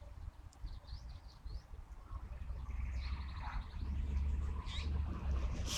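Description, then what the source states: Vinous-throated Parrotbill calls: short high chirping notes in quick series over a steady low rumble. Heard in a bamboo grove at midday, a habitat the species is said to like.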